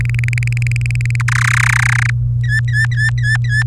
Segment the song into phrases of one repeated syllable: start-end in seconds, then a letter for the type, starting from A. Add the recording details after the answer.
0.00-1.16 A, 1.20-2.10 B, 2.44-3.63 C. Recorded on 23 April 2018 at 18:19. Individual llb3